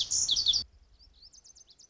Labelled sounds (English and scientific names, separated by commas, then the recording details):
Lazuli Bunting (Passerina amoena)
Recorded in Sonoma County, California